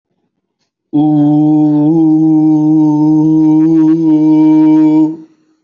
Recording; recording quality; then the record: sustained vowel as in boot; excellent, no background noise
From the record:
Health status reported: healthy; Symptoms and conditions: none ticked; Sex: male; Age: 32 years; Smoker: not ticked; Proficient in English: yes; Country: India